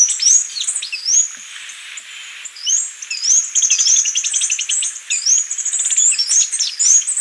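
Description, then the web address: Black-capped hemispingus song, a fast, dense chatter of very high twittering and sliding notes that runs almost unbroken for about seven seconds. Recorded in Ecuador, South America. "Birds of Ecuador. Black-Capped Hemispingus"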